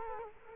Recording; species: mosquito wingbeat signal from an infrared sensor; Culex quinquefasciatus